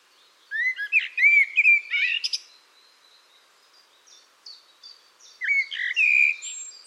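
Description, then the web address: Bird song: a loud phrase of quick, slurred whistles and chirps, a quieter stretch of thin high notes, then another bright twittering phrase. "cianscape birddata Deverinetal 2025 File origin Bird Only Tu Me Tu Me"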